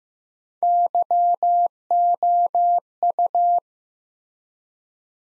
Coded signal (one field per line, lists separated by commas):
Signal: Morse code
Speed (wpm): 15 wpm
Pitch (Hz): 700 Hz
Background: none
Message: YOU